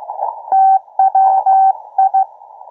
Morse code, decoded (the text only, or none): TWI